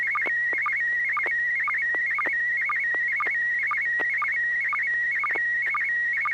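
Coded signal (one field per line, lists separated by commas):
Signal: SSTV (slow-scan television)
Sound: steady warbling whistle around 2 kHz broken by rapid regular low blips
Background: low hum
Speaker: The picture came through very well. Hardly any of those little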